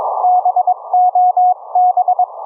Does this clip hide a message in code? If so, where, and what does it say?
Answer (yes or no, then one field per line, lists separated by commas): yes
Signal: Morse code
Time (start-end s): 0.2-2.2 s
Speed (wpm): 22 wpm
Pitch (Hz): 730 Hz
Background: none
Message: BOB